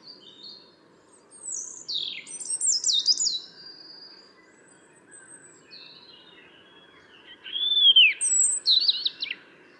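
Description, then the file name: European robin song: a liquid, sliding phrase of high notes, several seconds of softer notes, then a brighter rising-and-falling phrase with a clear whistled arc. "Erithacus rubecula"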